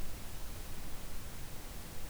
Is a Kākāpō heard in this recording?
no